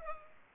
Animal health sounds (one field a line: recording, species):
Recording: mosquito wingbeat signal from an infrared sensor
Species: Culex pipiens